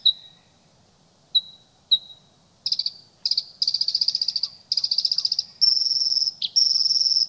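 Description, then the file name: Bluethroat song: three clear, thin whistled notes, then fast buzzy rattling trills repeated in quick phrases, ending in sustained high ringing trills. "Blauwborst"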